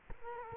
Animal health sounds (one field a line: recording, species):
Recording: mosquito wingbeat signal from an infrared sensor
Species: Culex quinquefasciatus